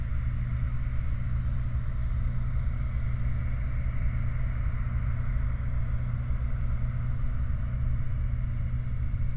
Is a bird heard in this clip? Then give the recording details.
no. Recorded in the Prudhoe Bay oil fields, Alaska, on 29 July 2019 at 04:21. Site 29